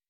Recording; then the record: hydrophone in a shrimp aquaculture tank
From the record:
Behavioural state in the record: weakened